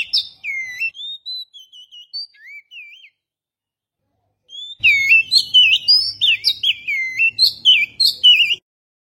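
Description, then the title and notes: Oriental magpie-robin song: high, varied whistled phrases with swoops and quick twisting notes, a short pause, then a faster, denser burst of rich warbling. "Kicau Burung Kacer"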